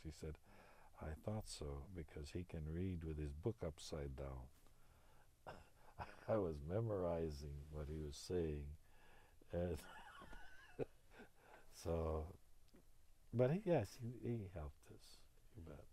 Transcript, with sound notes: He said, "I thought so because he can read with his book upside down." I was memorizing what he was saying as, (he laughs) so, but he, yes, he helped us, you bet.